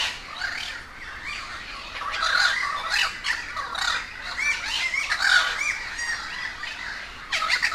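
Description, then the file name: Crow: a steady chorus of crows, many rough, nasal squawks overlapping almost continuously, with a few louder calls standing out. A gathering of crows in Humboldt Park, Cuba. "Quiet American - aaron ximm-humbold park cuba-convocation of crows"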